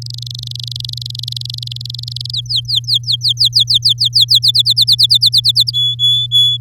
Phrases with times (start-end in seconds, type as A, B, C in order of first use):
0.02-2.31 A, 2.33-4.39 B, 4.42-5.71 C, 5.73-6.57 D